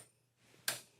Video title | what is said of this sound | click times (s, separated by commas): CNA Class 6: Transfer to Wheelchair, Feeding, Intake & Output, and Peri-Care - CNA Training Live | Make sure it locks into place. | 0.7 s